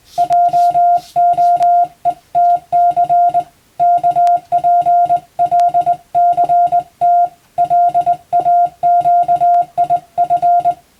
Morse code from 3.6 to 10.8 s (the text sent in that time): KPLCT LAQIF